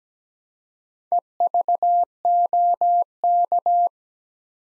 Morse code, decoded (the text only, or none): EVOK